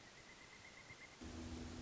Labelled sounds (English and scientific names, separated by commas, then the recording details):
Pileated Woodpecker (Dryocopus pileatus)
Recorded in Sonoma County, California